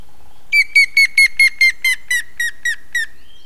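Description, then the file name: Grey-headed woodpecker with a descending sequence of about eleven whistled notes at a steady pace, each note clear, the series weakening in volume near its end. "hamvas küllő kiáltás"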